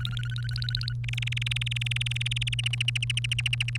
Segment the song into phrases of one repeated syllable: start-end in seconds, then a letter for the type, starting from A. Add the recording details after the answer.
0.00-0.93 A, 1.04-2.54 B, 2.59-3.77 C. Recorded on 30 April 2018 at 16:55. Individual llb3